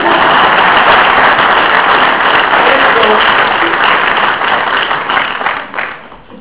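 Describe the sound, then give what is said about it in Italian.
An audience at a book presentation applauds in a steady, dense wash of clapping that holds strong for several seconds, then thins out and fades away toward the end. “Applauso, grazie.”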